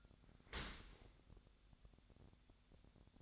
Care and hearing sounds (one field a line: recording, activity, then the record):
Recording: daily activity, microphone in the room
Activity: open dishwasher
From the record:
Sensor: 3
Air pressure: 1006.6 hPa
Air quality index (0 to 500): 209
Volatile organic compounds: 19 ppm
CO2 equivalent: 2672 ppm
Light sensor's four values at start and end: 11/25/10/10 and 11/25/10/10